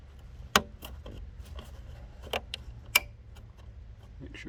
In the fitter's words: it with a manual ratchet all three bolts make sure it clicks